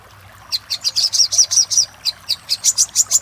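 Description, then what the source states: Little spiderhunter song: after half a second of quiet, a steady run of high, sharp, clipped chips repeated several times per second. Song used for training caged songbirds (masteran).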